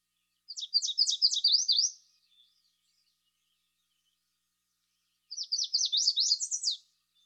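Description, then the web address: Yellow warbler giving two high, lively songs of quick repeated slurred notes finishing with a rising flourish, about three and a half seconds between them, otherwise still. Eastern North America. "Dan Gibson Wildlife Identification By Sound, Eastern North America Pt 2. Yellow Warbler"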